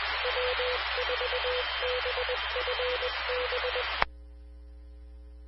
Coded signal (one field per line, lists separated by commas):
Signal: Morse code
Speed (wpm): 20 wpm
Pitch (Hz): 500 Hz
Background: none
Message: W4BFB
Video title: 2015-04-20 - W4BFB 145.230 MHz Charlotte Regional Skywarn Repeater